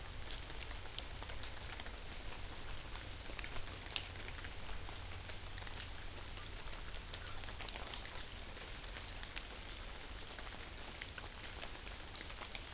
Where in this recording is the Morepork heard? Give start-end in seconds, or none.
none